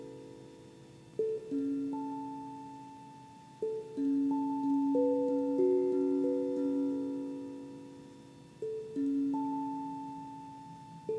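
Crystal and Tibetan bowls are struck at about 1, 3.5, 8.5 and 11 seconds, pure overlapping tones ringing and slowly fading between strikes.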